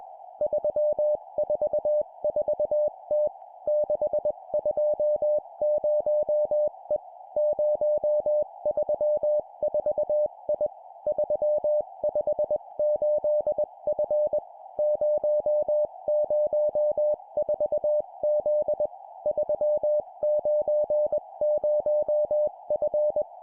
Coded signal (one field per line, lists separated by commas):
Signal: Morse code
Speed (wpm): 21 wpm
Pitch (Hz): 600 Hz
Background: music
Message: 344T 620E 034I 358F 004Z 390F